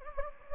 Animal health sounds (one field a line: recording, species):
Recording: mosquito wingbeat signal from an infrared sensor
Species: Anopheles gambiae